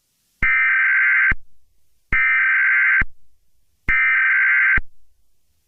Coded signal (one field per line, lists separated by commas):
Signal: Emergency Alert System (SAME) tones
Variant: header bursts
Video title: Tyrone Screams Over The Emergency Alert System/Grounded!